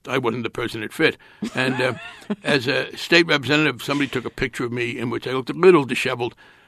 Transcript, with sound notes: It just - I wasn't the person it fit.
(Laughter).
And as a state representative, somebody took a picture of me in which I looked a little disheveled,